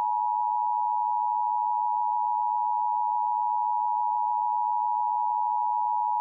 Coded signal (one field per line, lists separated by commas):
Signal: Emergency Alert System (SAME) tones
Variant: 853 and 960 Hz attention tone